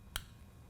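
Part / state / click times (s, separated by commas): wiring harness connector into the back of an LED light housing / seated / 0.2 s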